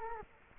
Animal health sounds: mosquito wingbeat signal from an infrared sensor; Culex quinquefasciatus

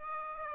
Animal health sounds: mosquito wingbeat signal from an infrared sensor; Aedes aegypti

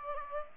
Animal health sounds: mosquito wingbeat signal from an infrared sensor; Aedes aegypti

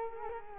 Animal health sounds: mosquito wingbeat signal from an infrared sensor; Culex quinquefasciatus

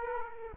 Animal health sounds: mosquito wingbeat signal from an infrared sensor; Aedes aegypti

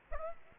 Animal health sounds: mosquito wingbeat signal from an infrared sensor; Aedes aegypti

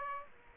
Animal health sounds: mosquito wingbeat signal from an infrared sensor; Aedes aegypti

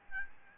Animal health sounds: mosquito wingbeat signal from an infrared sensor; Aedes albopictus

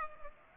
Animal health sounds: mosquito wingbeat signal from an infrared sensor; Culex pipiens

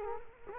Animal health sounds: mosquito wingbeat signal from an infrared sensor; Culex quinquefasciatus

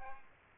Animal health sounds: mosquito wingbeat signal from an infrared sensor; Aedes aegypti

